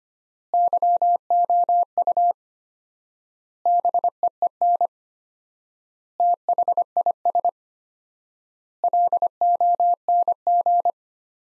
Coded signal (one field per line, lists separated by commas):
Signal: Morse code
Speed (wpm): 25 wpm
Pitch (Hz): 700 Hz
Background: none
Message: YOU BEEN THIS LONG